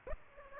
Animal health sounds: mosquito wingbeat signal from an infrared sensor; Aedes aegypti

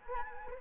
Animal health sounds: mosquito wingbeat signal from an infrared sensor; Anopheles arabiensis

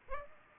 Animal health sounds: mosquito wingbeat signal from an infrared sensor; Culex pipiens

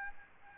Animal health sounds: mosquito wingbeat signal from an infrared sensor; Aedes albopictus

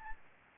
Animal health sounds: mosquito wingbeat signal from an infrared sensor; Aedes albopictus

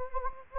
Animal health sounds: mosquito wingbeat signal from an infrared sensor; Anopheles gambiae

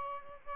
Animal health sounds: mosquito wingbeat signal from an infrared sensor; Aedes albopictus

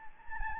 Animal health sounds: mosquito wingbeat signal from an infrared sensor; Anopheles gambiae

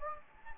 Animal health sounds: mosquito wingbeat signal from an infrared sensor; Anopheles gambiae

